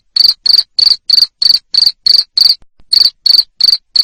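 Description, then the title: Cricket making crisp, shrill chirps in quick succession, roughly three per second, with one short gap. Loud cricket chirping played to make lovebirds keep singing. "Suara JANGKRIK NGERIK Keras Bikin LOVEBIRD Jadi NGEKEK Terus Vubey"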